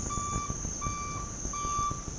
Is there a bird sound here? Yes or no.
no